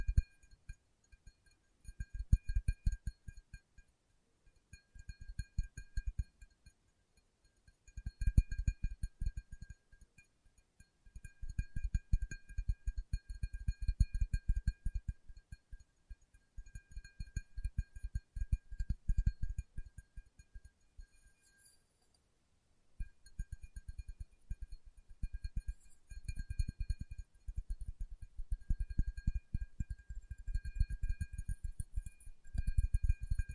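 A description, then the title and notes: ASMR tapping with fingertips: soft, low, dull taps come in quick bursts of rapid patter, separated by short pauses throughout. A nearly silent gap falls around 22 seconds. Faint, thin, high tones hum steadily in the background the whole time. ASMR Tapping with Fingertips (No Talking).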